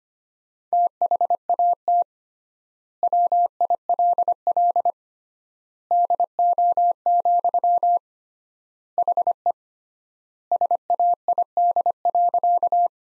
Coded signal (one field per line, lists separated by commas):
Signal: Morse code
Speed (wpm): 25 wpm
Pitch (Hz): 700 Hz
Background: none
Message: THAT WILL DO, HE SAID.